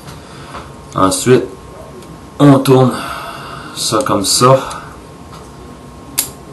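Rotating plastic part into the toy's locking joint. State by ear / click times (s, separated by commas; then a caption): seated / 6.2 s. Someone talks while rotating a plastic part into the locking joint of a plastic robot toy during its transformation. A short, sharp click at 6.2 s marks the joint snapping into place so the part stays put.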